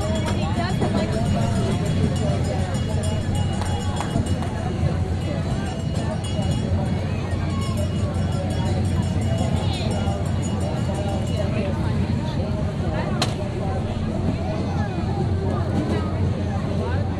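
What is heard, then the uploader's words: A crowd at the New Jersey State Fair keeps up a steady, dense murmur of overlapping voices for the whole stretch. A low engine or generator hum runs underneath, with a few brief sharp clicks and a short bright tone near the thirteen-second mark. Recordings of the 2009 New Jersey State Fair made by Dan Bodah at the Sussex Co. Sussex Co. Fairgrounds, Frankfort, NJ.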